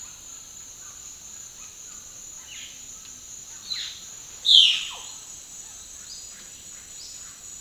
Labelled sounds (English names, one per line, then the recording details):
White-throated Toucan
Violaceous Jay
Russet-backed Oropendola
Olive-faced Flatbill
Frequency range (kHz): White-throated Toucan 0.3-1.8 kHz; Violaceous Jay 1.5-16.7 kHz; Olive-faced Flatbill 3.7-6.0 kHz
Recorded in dense forest near Puerto Asís, Putumayo, Colombia, on 21 February 2024 at 08:00
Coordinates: 0.502, -76.324
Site G6370